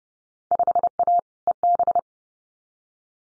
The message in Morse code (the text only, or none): 5A EB